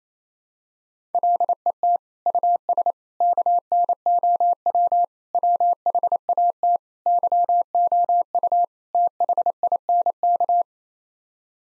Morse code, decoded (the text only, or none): LET US KNOW WHAT YOU THINK